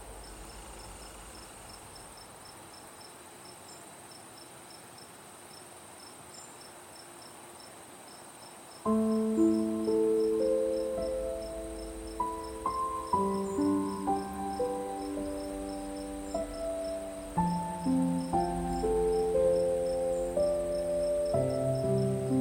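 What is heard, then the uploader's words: Crickets chirp in a steady, rapid pulse high above a soft hiss throughout. At about nine seconds a gentle piano enters, playing slow, sustained notes and chords in the middle range that ring and overlap while the crickets continue behind. Night Nature Sounds - Soft Crickets, Beautiful Piano.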